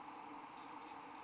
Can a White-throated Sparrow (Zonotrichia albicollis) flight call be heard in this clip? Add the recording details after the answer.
no. No flight call is heard. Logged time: 02:27 on 13 December 2014